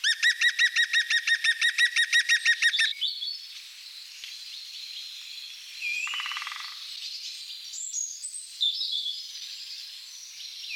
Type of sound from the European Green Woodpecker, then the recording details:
song. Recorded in the wild. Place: Oberrotweil am Kaiserstuhl, Baden-Württemberg, DE. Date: 1983-04-10. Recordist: Schwarz, Dieter